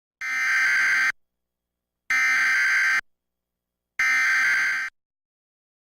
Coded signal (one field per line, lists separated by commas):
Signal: Emergency Alert System (SAME) tones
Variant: header bursts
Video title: Illinois Required Monthly Tests (EAS #962-966)